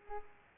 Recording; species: mosquito wingbeat signal from an infrared sensor; Culex pipiens